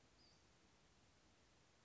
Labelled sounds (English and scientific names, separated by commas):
Western Flycatcher (Empidonax difficilis)